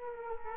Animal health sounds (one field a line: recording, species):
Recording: mosquito wingbeat signal from an infrared sensor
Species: Culex quinquefasciatus